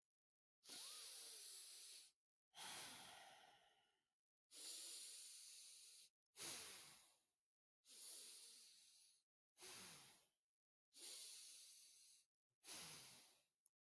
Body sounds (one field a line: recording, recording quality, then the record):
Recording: deep breathing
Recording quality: excellent, no background noise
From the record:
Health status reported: healthy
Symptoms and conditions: none ticked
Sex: male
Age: 43 years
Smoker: not ticked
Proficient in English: yes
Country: India